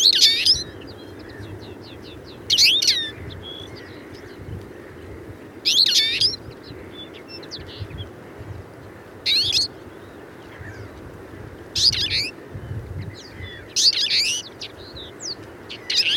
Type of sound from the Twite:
song